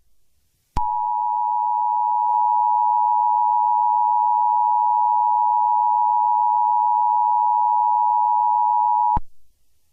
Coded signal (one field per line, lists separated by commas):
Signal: Emergency Alert System (SAME) tones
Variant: 853 and 960 Hz attention tone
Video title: if @ndv463gaming's april fools day video had an eas